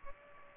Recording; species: mosquito wingbeat signal from an infrared sensor; Culex pipiens